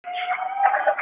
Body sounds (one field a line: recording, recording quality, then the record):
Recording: heavy voluntary cough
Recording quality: poor, much background noise or distortion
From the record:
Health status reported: COVID-19 positive, moderate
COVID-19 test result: positive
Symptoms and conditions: muscle pain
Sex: female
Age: 25 years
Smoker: not ticked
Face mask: not worn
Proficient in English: yes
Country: India